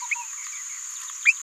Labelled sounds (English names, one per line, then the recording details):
Green-rumped Parrotlet babbling
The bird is a female
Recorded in a nest box in Venezuela
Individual 17B73B3